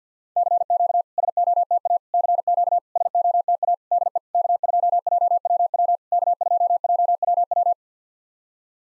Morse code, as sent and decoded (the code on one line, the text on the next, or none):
-.-. --.- / ... --- - .- / -.-. --.- / ... --- - .- / -.. . / -.- ..--- .--- .-- .-- / -.- ..--- .--- .-- .--
CQ SOTA CQ SOTA DE K2JWW K2JWW